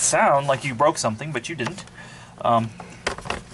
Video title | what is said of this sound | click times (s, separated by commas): Miele u1 S7 upright Vacuum body and handle separation | you should so that just clicks in place and then we're gonna put our four screws in and | 3.1 s